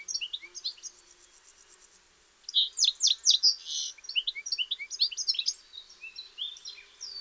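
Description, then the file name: European goldfinch twittering song, a rapid jumble of high tinkling notes and buzzy trills, growing louder after a brief quieter spell. "Carduelis carduelis"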